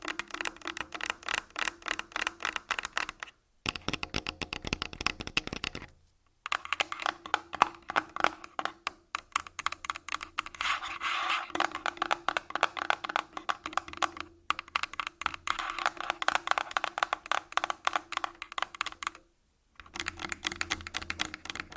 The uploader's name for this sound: Tascam Full Body Tapping & Scratching